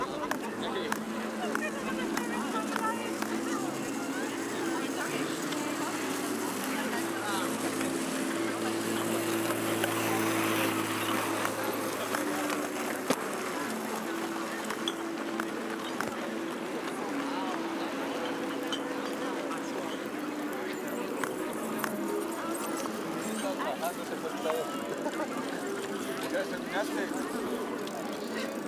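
Hundreds of people go about their activities on the Tempelhofer Freiheit in Berlin, a steady blend of voices with a low engine hum early on.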